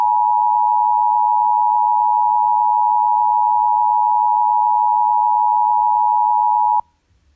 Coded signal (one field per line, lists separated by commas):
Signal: Emergency Alert System (SAME) tones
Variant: 853 and 960 Hz attention tone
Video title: (EAS#201)(VERY RARE!!) Flash Flood Emergency